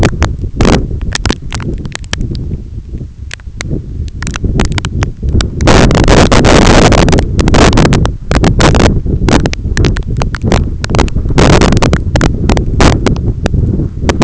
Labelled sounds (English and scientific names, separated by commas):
none